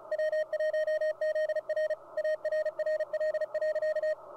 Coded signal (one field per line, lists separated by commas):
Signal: Morse code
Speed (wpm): 34 wpm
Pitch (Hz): 620 Hz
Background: radio noise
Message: W1ZR ARRL.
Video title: Ham Radio Deluxe or HRD Decoding CW Morse Code